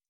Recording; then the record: hydrophone in a shrimp aquaculture tank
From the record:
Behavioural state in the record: stressed